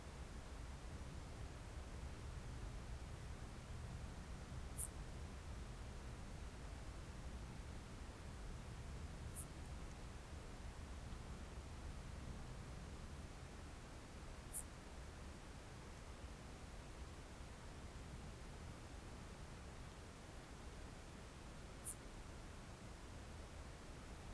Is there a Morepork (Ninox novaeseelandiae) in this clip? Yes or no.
no